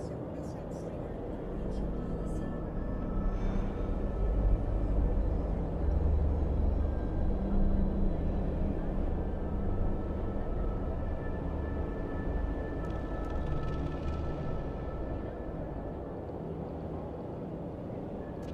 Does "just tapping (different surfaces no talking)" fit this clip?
no